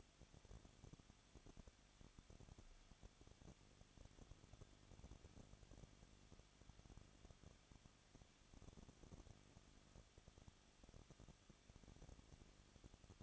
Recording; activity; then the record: daily activity, microphone in the room; no activity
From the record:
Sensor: 4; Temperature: 23.0 degrees Celsius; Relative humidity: 34.2%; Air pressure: 1007.2 hPa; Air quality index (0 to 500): 217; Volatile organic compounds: 15 ppm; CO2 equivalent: 2509 ppm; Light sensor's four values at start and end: 2/3/1/1 and 2/3/1/1